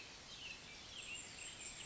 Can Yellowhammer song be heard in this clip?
no